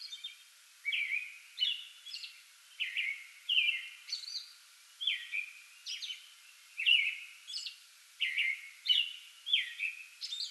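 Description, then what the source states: American robin singing steady whistled caroled phrases, each slightly falling, interspersed with high squeaky notes, over light background hiss. Pre-dawn song bout, recorded 8 May 2022.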